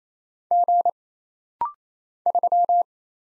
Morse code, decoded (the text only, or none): G 3